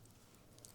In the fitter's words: that do have a really nice click. They're very secure.